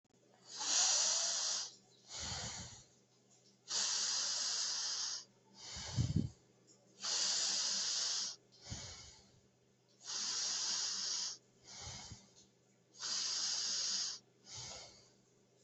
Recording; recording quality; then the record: deep breathing; excellent, no background noise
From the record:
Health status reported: healthy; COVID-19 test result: not tested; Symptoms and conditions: none ticked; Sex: male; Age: 33 years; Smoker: yes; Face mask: not worn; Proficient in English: yes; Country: India